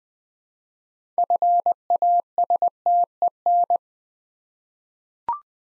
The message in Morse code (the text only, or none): FASTEN